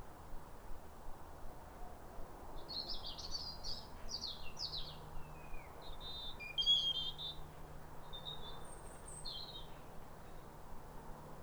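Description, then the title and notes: European robin delivering a few fluting, warbled phrases with quick pitch slides, pausing between them, then a thin high note near the end; low background noise throughout. Pair of robins in neighbouring gardens singing as a duet at a clear, calm, rosy sunrise around New Year, midwinter, after weeks of rain. "Sound Escape 150: Be uplifted by a chorus of New Year's robins. A pair of robins in neighbouring gardens welcome the early sun with wistful phrases as if chatting over the fence. BBC Countryfile Magazine. Recorded by Fergus Collins"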